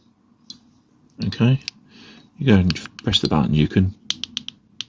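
An internal part is pushed down and in to seat it in a Ford Kuga 3-button remote key fob housing, after one corner is put in first and it is slid in. A single sharp click at 0.5 s shows it snapping into place, then someone talks, and a quick run of sharp clicks follows from about 4.1 to 4.8 s.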